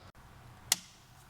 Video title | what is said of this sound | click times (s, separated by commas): You Need This Tesla Model Y Juniper Swivel Screen Mount | You'll hear it click just like the others. | 0.7 s